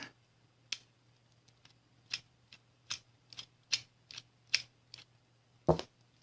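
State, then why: Not seated. Someone tries to seat the right foot of a plastic transforming robot figure onto its ankle joint, making a series of short, sharp plastic taps and clicks at about 0.7, 2.1, 2.9, 3.7, 4.6 and 5.7 s over a steady low hum. The foot does not click into place, and nothing has seated yet.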